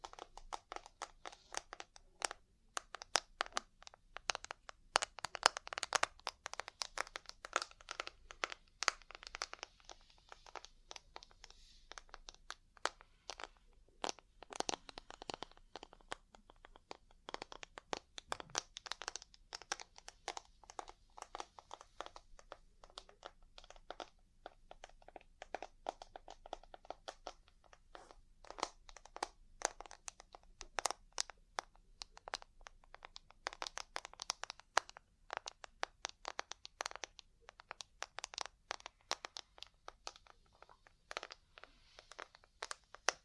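Ear cleaning and massage sounds: dense, rapid crackling and crinkling taps fill the whole stretch, bright and scratchy, with bursts of clustered clicks. Short quieter gaps appear now and then, around fifteen and twenty-seven seconds, over a faint low hum.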